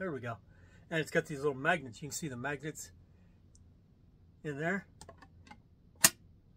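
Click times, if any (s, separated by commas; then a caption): 6.0 s. Someone talks while the plastic, recessed lid of a Pop Armor magnetic protector case for a Funko Pop figure, held by small magnets, is put back on. A few light taps sound around 5.0–5.5 s. The lid then snaps into place with a sharp, loud click at 6.1 s and sits seated.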